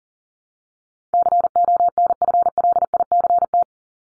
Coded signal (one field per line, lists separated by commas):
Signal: Morse code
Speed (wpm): 40 wpm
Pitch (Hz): 700 Hz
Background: none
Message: CONFLICT